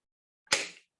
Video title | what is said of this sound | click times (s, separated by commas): Safe and Appropriate Use of Chair Functions and Accessories Webinar | Okay, so that locks that off. | 0.5 s